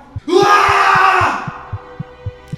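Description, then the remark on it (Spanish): A man lets out one long, loud, desperate scream lasting about a second as he wakes and sees a skull beside him, then it fades while a steady low thumping pulse keeps beating evenly underneath. “Cuando despierta de nuevo, lo primero que ve es una calavera a su lado y grita desesperadamente.”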